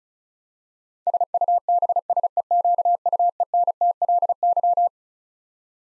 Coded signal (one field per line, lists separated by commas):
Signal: Morse code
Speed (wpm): 36 wpm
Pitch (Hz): 700 Hz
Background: none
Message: SUBSEQUENTLY